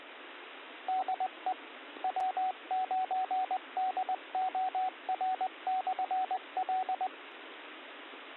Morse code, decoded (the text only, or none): DE W9DOR/L